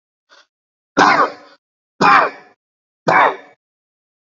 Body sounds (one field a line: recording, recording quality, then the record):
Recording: heavy voluntary cough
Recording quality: excellent, no background noise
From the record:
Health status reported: exposed to COVID-19, no respiratory illness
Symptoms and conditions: cold, sore throat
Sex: male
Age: 33 years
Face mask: not worn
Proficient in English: yes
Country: India